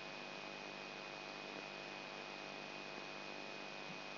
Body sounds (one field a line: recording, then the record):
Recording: brain microelectrode recording played as sound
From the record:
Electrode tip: outside the subthalamic nucleus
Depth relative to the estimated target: -3 mm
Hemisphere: left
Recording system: AlphaMap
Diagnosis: Parkinson's disease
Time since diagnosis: 9 years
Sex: male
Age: 58 years